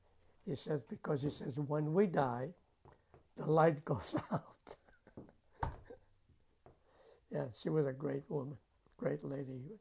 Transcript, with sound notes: she says, "Because," she says, "when we die, the light goes out." ( he laughs ) Yeah. She was a great woman, a great lady.